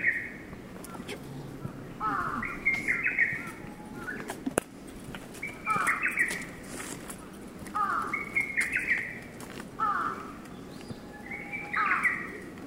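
Lesser cuckoo song: staccato whistled phrases repeated at intervals, with sharp clicks scattered between them.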